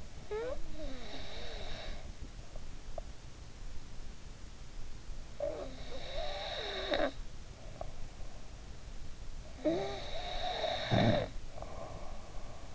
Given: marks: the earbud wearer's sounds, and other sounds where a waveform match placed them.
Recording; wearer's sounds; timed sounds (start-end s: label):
sounds in sleep by an in-ear microphone; breath, snoring breath
0.00-3.06 s: breath
5.35-7.91 s: breath
9.52-12.75 s: snoring breath